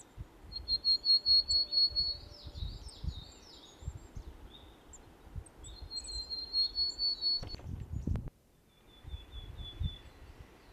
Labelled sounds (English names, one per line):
Willow Tit song